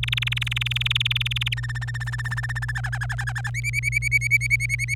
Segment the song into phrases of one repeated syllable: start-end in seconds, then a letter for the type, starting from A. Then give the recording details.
0.03-1.54 A, 1.57-2.72 B, 2.75-3.50 C, 3.54-4.94 D. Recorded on 26 April 2018 at 09:53. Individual llb3